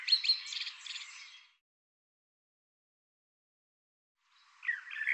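Bird song: a buzzy, chattering phrase fading out, a long silence, then another phrase beginning.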